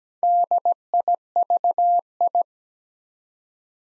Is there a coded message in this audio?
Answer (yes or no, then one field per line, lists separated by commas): yes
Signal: Morse code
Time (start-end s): 0.2-2.4 s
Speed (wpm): 17 wpm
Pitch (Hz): 700 Hz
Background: none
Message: DIVI